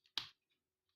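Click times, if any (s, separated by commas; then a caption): 0.2 s. The ankle joint of a plastic Legacy Evolution Armada Megatron transforming robot action figure is moved until it locks into place. A faint tick comes at 0.1 s, then a sharp, loud click at 0.2 s that fades by about 0.3 s. The ankle joint is locked and seated.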